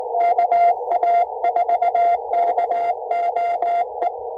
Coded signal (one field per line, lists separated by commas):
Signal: Morse code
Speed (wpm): 18 wpm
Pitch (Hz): 700 Hz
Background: none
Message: KA4KOE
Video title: Can you take me higher? Morse Code takes me to another place. #hamradio #pota #CW #QRP #Portable